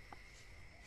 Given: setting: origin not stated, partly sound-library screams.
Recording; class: one-second piece from a danger detection set; normal situation